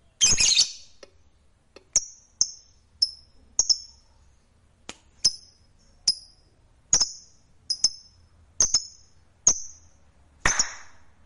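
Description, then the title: Lovebird giving a harsh screech, then a run of short, sharp high chirps at irregular intervals, ending with another rough screech. "Suara Lovebird"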